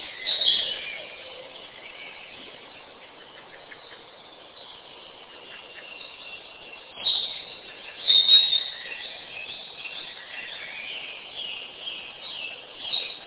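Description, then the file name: Birds chirping sporadically, with a brief loud burst of twittering past the middle and softer calls around it, over a steady muffled hiss. "kunstradio voegel"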